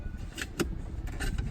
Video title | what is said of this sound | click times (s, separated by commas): Clek Liing Car Seat Installation - Best Car Seats 2019 - Bambi Baby Review | it touches the ground it locks into place to give you a green light on the bottom | 0.4 s, 0.6 s